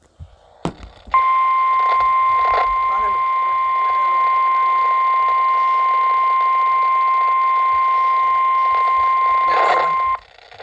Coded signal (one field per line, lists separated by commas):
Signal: Emergency Alert System (SAME) tones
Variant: 1050 Hz attention tone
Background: speech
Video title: 5 different eas's from my weather radio.